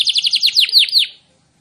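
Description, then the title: Canary song fragment: a quick run of rolling, down-slurred notes that slows and stops after about a second, then silence. Canary whose song is described as gacor, ngotot and a long roll (roll panjang), meant to make other canaries answer right away (langsung nyaut). "LANGSUNG NYAUT GACOR DOR Kenari Manasaja, Dengan Kicau Kenari GACOR NGOTOT ROLL PANJANG"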